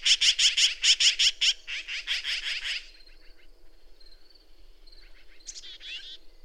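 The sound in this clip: Bird gives a loud burst of rapid high chirps for about three seconds, then falls quiet apart from faint twitters and a short squeaky phrase.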